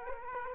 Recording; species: mosquito wingbeat signal from an infrared sensor; Culex quinquefasciatus